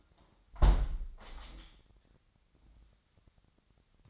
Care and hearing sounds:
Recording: daily activity, microphone in the room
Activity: close window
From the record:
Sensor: 3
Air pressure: 998.0 hPa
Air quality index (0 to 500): 142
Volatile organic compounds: 4 ppm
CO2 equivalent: 1703 ppm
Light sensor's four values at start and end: 15/42/17/16 and 15/42/17/16

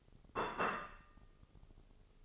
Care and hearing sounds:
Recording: daily activity, microphone in the room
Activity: place plate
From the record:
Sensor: 4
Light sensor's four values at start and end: 13/37/13/14 and 13/37/13/14

